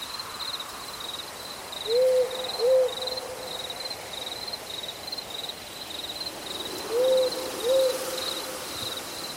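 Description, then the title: Owl hoots in two paired low notes, one pair early and another about five seconds later, with crickets pulsing steadily high above. Forest at night, with crickets also present. "Crickets and Owls Music in Forest at Night"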